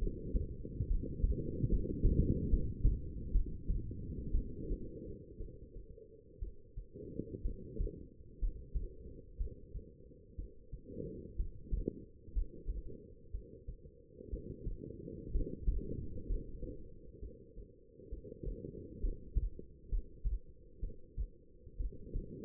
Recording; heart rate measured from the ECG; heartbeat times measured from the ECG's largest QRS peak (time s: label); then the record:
heart sounds by stethoscope; 63 bpm
0.87 s: heartbeat
1.68 s: heartbeat
2.48 s: heartbeat
3.31 s: heartbeat
4.31 s: heartbeat
5.37 s: heartbeat
6.39 s: heartbeat
7.42 s: heartbeat
8.39 s: heartbeat
9.37 s: heartbeat
10.36 s: heartbeat
11.36 s: heartbeat
12.32 s: heartbeat
13.31 s: heartbeat
14.30 s: heartbeat
15.31 s: heartbeat
16.26 s: heartbeat
17.19 s: heartbeat
18.09 s: heartbeat
19.00 s: heartbeat
19.89 s: heartbeat
20.80 s: heartbeat
21.77 s: heartbeat
From the record:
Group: healthy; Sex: female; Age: 37 years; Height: 168 cm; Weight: 70 kg